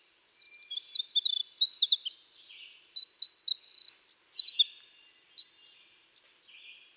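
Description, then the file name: Winter wren song: a long, rapid cascade of high trills and warbled notes, continuing for about six seconds. "Troglodytes hiemalis - Winter Wren"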